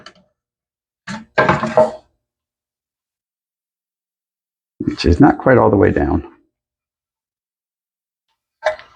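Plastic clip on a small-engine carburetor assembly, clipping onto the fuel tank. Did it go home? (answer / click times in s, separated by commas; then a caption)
partly / 8.7 s. A part is pressed down onto the plastic carburetor and fuel tank assembly of an old-style Briggs 550 engine from a Troy-Bilt mower, and someone talks. After another push, a sharp click at 8.7 seconds marks the plastic clip on one side snapping into the fuel tank. Only one side is clipped in, so the part is only partly seated.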